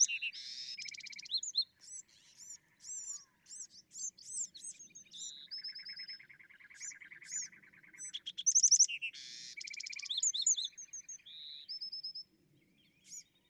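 Bewick's wren giving a busy, varied song of sharp high notes, thin whistles and a long low buzzy trill, with two loud rattling bursts.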